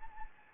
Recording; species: mosquito wingbeat signal from an infrared sensor; Anopheles gambiae